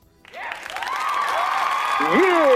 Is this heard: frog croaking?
no